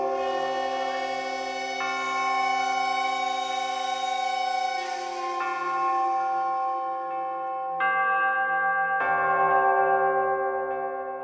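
A wall clock strikes midnight with slow, resonant bell chimes, each ringing tone overlapping the fading hum of the last, steady and fairly loud with no voices.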